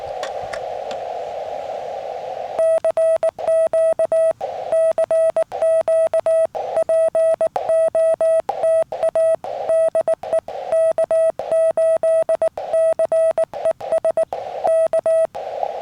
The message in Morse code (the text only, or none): CQ CQ POTA DE K8CES K